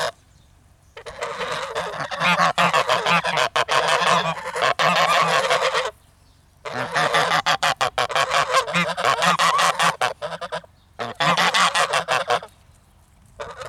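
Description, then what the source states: Goose: geese hissing loudly in long raspy bursts of several seconds with rapid stuttering honks, three main bouts split by quiet pauses. Several angry geese hissing and shouting, recorded close.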